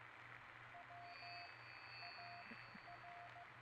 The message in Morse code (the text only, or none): WAR